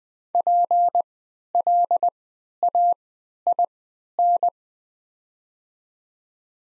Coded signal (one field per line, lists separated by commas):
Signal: Morse code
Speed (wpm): 20 wpm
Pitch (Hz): 700 Hz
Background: none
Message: PLAIN